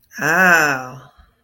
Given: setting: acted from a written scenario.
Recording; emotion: vocal sound without words; desire